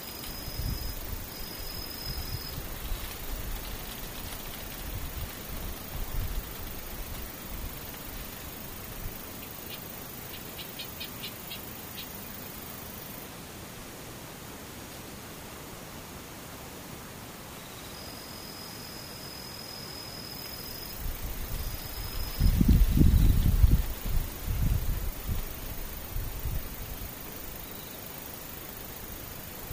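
Insects sing over a steady hiss: a thin, high, even trill near the start and again from about 18 to 22 seconds, with a brief pulsing chirp around 11 seconds. Low rumbling thumps break in around 22 to 25 seconds, then fade.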